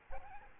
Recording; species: mosquito wingbeat signal from an infrared sensor; Aedes albopictus